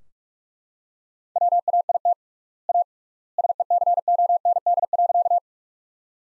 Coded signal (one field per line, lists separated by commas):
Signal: Morse code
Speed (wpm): 41 wpm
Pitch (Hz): 700 Hz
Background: none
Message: WAIT A SECOND.